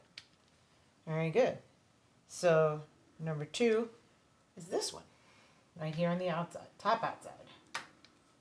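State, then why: Torque reached. Someone talks while a click-type torque wrench, with its hex bit fully seated, tightens the number 2 bolt at the top outside of an Audette Motorcycles Renegade cam cover. The wrench gives a sharp click at 7.8 s, confirming the bolt has reached its torque setting.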